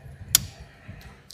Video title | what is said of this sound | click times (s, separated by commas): Citroen C4 coolant housing replacement | make sure that it clicks into place | 0.4 s